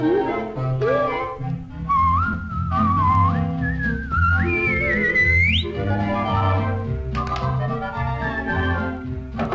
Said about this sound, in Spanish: dame un silbidito, dame un silbidito